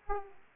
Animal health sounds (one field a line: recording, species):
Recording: mosquito wingbeat signal from an infrared sensor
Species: Aedes aegypti